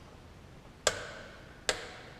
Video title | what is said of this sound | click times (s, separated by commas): PA-28 Oil Change before flying to Sun n Fun: Part 1 | And there's the click. | 1.7 s